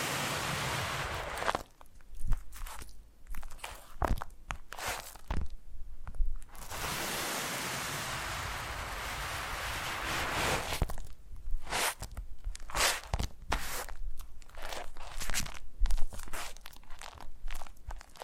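Foam being squeezed and rubbed in a massage, making dense crackly crunches and sharp squeaky pops in irregular bursts. Two stretches of steady soft hiss, at the start and around the middle, break up the crunching, which grows louder toward the end.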